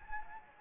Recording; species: mosquito wingbeat signal from an infrared sensor; Anopheles gambiae